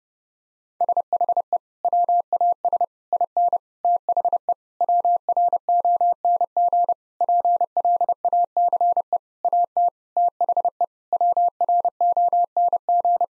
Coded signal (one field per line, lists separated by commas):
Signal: Morse code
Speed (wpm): 30 wpm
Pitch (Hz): 700 Hz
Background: none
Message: SHE WAS IN THE WRONG PLACE AT THE WRONG